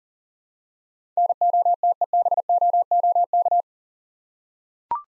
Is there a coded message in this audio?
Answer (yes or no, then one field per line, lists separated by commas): yes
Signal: Morse code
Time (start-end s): 1.2-3.6 s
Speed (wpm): 42 wpm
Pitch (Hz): 700 Hz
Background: none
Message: NOTEBOOK